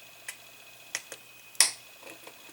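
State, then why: Seated. A plastic part of an Agora Models 1:8 scale 1961 Jaguar XK-E kit is pressed hard from the outside into its mounting on the car's body or chassis. A few small ticks come at about 0.3, 1.0 and 1.1 s, then a sharp, loud snap at 1.6 s as the part clicks home. It is seated in place.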